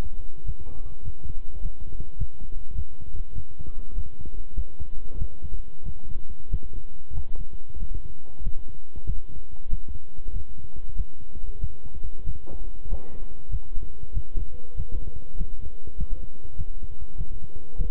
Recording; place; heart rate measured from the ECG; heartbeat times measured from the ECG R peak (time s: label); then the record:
heart sounds by stethoscope; between the tricuspid and mitral areas; 97 bpm
0.44 s: heartbeat
1.03 s: heartbeat
1.60 s: heartbeat
2.17 s: heartbeat
2.74 s: heartbeat
3.33 s: heartbeat
3.93 s: heartbeat
4.54 s: heartbeat
5.17 s: heartbeat
5.83 s: heartbeat
6.49 s: heartbeat
7.13 s: heartbeat
7.77 s: heartbeat
8.42 s: heartbeat
9.05 s: heartbeat
9.68 s: heartbeat
10.31 s: heartbeat
10.95 s: heartbeat
11.59 s: heartbeat
12.24 s: heartbeat
12.87 s: heartbeat
13.49 s: heartbeat
14.12 s: heartbeat
14.75 s: heartbeat
15.36 s: heartbeat
15.96 s: heartbeat
16.56 s: heartbeat
17.16 s: heartbeat
17.76 s: heartbeat
From the record:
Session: walking at 3.7 km/h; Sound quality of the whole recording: good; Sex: male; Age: 26 years